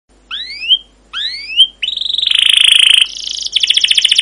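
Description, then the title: Canary song opening with two rising whistled sweeps, then a fast rolling trill and a high buzzy pulsed phrase. Long, continuous rolling canary song with cuit cuit notes, used as a lure to prompt other canaries to sing. "CUIT CUIT NGEROL LANGSUNG GACOR PANJANG Kenari Ini AMPUH Utk Pancingan KENAR. Masteran Suara Burung Kenari Gacor Panjang cuit cuit Ngerol untuk Pancingan Kenari!"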